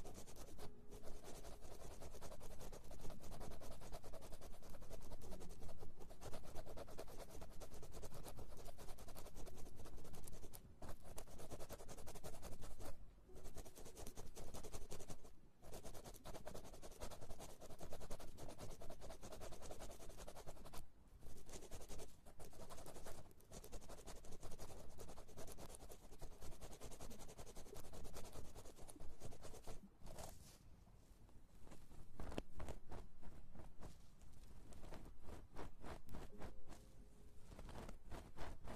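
Ear massage sounds: dense, close rubbing and scratching that fills the whole range, with a rough, papery texture like fabric or a zipper. The friction runs almost continuously, broken by brief dropouts around 13, 15, 21 and 30 seconds, and fades slightly toward the end.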